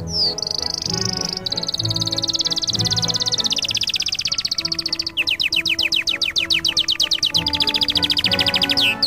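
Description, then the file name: Canary song, a sustained buzzy high trill sliding slightly downward, then a long run of rapid, evenly repeated sweeping notes, with soft music behind. Canary song mixed with music. "suara kenari dan musik"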